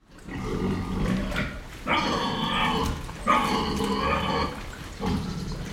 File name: pig grunt squeal inside barn wet sloppy mud